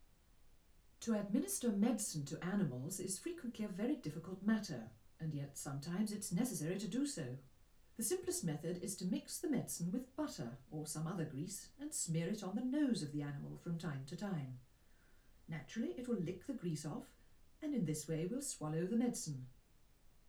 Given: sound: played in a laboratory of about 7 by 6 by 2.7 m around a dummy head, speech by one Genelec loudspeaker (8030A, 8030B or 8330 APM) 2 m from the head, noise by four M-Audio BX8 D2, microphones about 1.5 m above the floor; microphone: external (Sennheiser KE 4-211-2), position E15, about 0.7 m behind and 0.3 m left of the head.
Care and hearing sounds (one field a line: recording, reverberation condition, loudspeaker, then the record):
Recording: female speech in English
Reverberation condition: low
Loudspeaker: 30 degrees to the right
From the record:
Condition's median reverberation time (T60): about 310 ms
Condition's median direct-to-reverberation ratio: about 3.5 dB